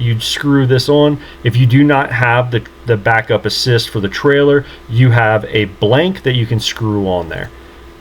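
Someone talks while handling a plastic switch blank or module for the dash trim panel of a 2018 Ford F-150; the blank fills the spot on trucks without the trailer backup assist. The piece slides back toward the panel, where its two clips will lock, but nothing has seated or clicked yet.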